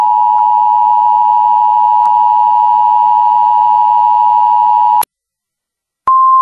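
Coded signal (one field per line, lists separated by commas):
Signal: Emergency Alert System (SAME) tones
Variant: 853 and 960 Hz attention tone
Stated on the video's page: Mock EAS Tornado Watch; none of the audio is real, with a text-to-speech message.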